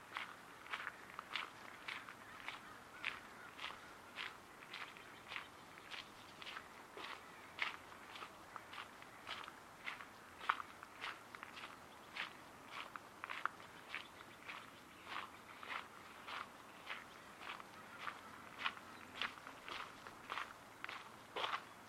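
Footsteps along a footpath, a steady regular crunch about twice a second throughout, over a quiet low background hum.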